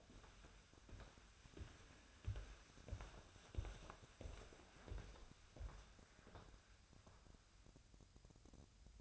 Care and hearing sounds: daily activity, microphone in the room; walk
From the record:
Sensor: 2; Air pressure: 1015.1 hPa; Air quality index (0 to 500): 123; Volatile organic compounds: 4 ppm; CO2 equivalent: 1576 ppm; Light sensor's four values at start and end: 12/34/13/15 and 12/33/13/14

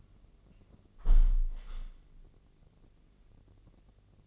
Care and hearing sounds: daily activity, microphone in the room; close window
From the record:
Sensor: 4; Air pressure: 1013.1 hPa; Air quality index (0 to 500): 170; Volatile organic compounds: 2 ppm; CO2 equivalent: 1073 ppm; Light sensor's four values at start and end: 36/88/35/36 and 40/99/40/39

